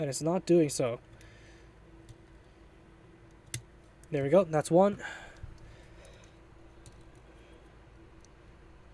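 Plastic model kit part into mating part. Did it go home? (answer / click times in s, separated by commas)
yes / 3.5 s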